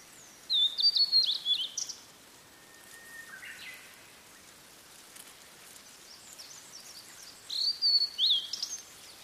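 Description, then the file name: Blue-and-white flycatcher gives two high whistled phrases several seconds apart, each a quick run of slurred notes, with a faint lower whistle in the quiet gap. "oruri"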